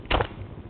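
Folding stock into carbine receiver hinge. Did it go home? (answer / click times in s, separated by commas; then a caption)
yes / 0.2 s. The folding stock of a Kel-Tec SU-16C .223 carbine is swung out on its receiver hinge, making a brief rattling burst followed by a sharp snap at 0.2 s. The stock locks open and is seated solid and sturdy, without bending or wobbling.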